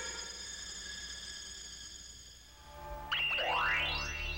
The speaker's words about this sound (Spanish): ¡Es la campana de cristal!